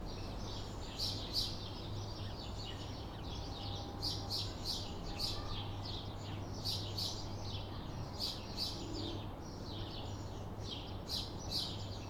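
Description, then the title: Sparrows chirping busily, many birds giving short bright tweets in overlapping bursts, over a steady low traffic rumble. Evening in a residential street; busy birdsong mainly of sparrows. "Busy spacious birdsong manly sparrows."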